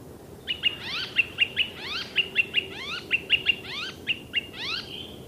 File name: zelen peresm